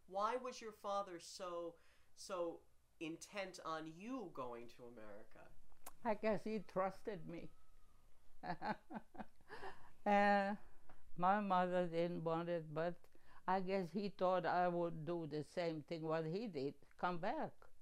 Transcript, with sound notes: Why was your father so, so intent on you going to America?
I guess he trusted me. (laughing) Ah, my mother didn't want it, but I guess he thought I would do the same thing what he did, come back.